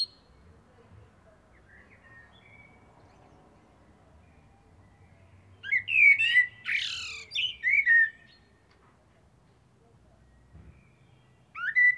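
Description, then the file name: Eurasian blackbird singing a phrase of mellow whistles mixed with scratchy high twitters, followed by a long pause and the start of another phrase. "Turdus merula"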